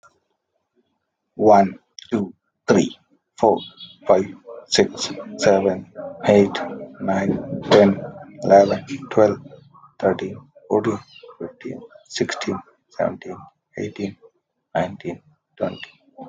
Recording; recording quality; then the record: counting at a normal pace; excellent, no background noise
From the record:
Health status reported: healthy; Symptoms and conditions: none ticked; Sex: male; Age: 41 years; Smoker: not ticked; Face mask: not worn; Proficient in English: yes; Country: India